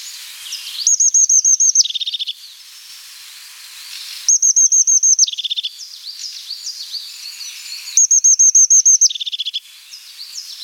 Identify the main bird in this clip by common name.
European Crested Tit